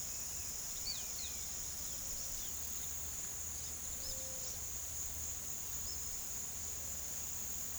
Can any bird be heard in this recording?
no